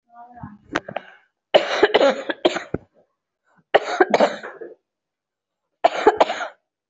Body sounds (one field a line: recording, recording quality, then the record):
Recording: heavy voluntary cough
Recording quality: excellent, no background noise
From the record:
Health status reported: COVID-19 positive, no symptoms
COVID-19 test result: positive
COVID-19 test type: RT-PCR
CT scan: not taken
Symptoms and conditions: cough, cold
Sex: female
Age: 24 years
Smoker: no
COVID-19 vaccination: none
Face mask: worn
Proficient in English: yes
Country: India